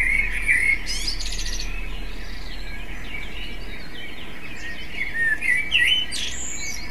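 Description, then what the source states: Common blackbird singing a brief whistled phrase at the start and another ending in thin twitters near the end, with steady low background noise between. Device: MZ-N 710; part of a phonography compendium.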